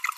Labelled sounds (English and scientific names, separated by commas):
Green-rumped Parrotlet (Forpus passerinus) babbling